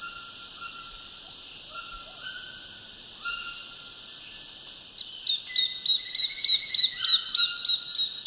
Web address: Natures Songs S America Eastern Lowlands. Veniliornis affinis, call